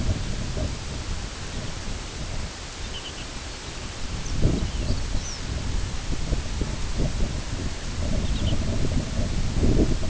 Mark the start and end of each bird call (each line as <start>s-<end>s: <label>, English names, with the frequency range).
3.58s-5.46s: Lapland Longspur (2.4-6.4 kHz)